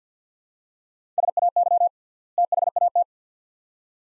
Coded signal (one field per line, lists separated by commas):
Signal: Morse code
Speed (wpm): 50 wpm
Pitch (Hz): 700 Hz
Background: none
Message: SAY THAT